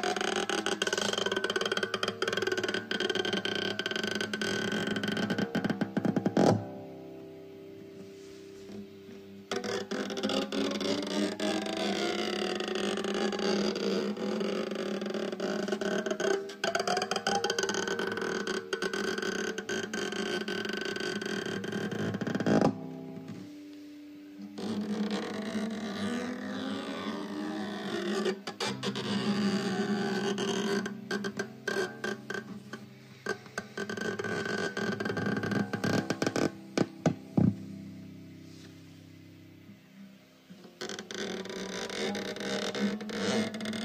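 A guitarist plays fast tapped runs, the notes ringing together into a dense, sustained wash with gliding pitches sliding up and down. The playing stops abruptly several times, near 6, 23 and 40 seconds, with brief gaps before resuming.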